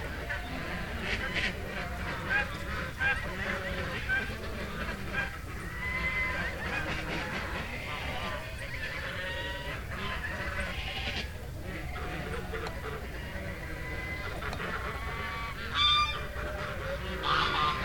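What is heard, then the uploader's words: A gaggle of geese honks and chatters continuously, many birds calling over one another in a dense, overlapping mix of nasal cries. The level stays fairly even, with a few louder honks standing out near sixteen seconds and at the end. Gaggle of geese.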